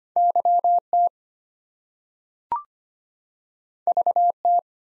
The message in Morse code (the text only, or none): YT VT